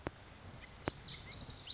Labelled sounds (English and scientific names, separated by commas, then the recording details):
Lazuli Bunting (Passerina amoena)
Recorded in Sonoma County, California